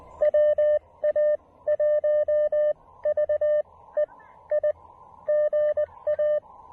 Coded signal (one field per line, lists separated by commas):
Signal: Morse code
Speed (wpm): 19 wpm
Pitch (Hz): 600 Hz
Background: none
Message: WA1VEI GA